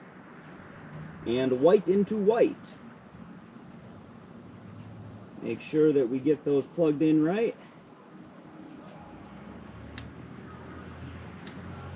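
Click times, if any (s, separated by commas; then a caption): 10.0 s, 11.5 s. Someone talks while the color-coded airbag wiring plugs of a C6 Corvette (pink into pink, white into white) are pushed into their sockets on the steering-wheel airbag cover during an airbag cover change. Two short, sharp clicks are heard at 10.0 s and 11.5 s over quiet background hum. The plugs click in and are seated in the airbag module sockets.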